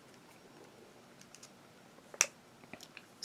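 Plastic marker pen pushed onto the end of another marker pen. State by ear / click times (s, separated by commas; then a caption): seated / 2.2 s. A plastic Schneider marker pen is pushed onto the end of another marker pen, stacking them end to end. Faint plastic ticks and rustles lead up to one sharp, loud snap at 2.2 s as the pen seats into place, followed by a few quieter clicks.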